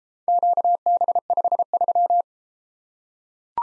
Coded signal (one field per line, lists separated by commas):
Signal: Morse code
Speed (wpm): 33 wpm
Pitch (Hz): 700 Hz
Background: none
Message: QB53